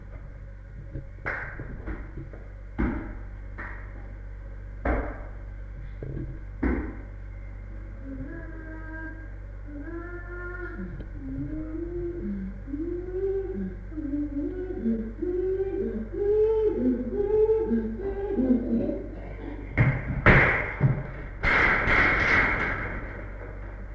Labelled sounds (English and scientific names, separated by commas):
Chimpanzee (Pan troglodytes)